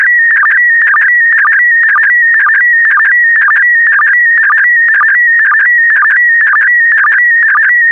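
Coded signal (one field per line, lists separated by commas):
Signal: SSTV (slow-scan television)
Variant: PD120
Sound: warbling tone between mid and high pitch, with short low blips about twice a second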